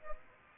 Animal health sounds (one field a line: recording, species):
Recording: mosquito wingbeat signal from an infrared sensor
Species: Aedes aegypti